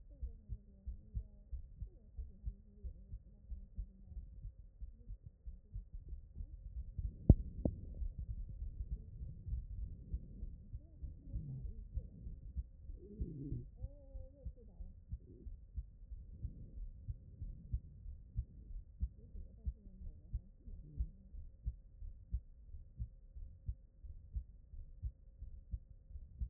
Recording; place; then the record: heart sounds by stethoscope; pulmonary valve (PV)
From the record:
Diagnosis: non-HFrEF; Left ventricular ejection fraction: 61%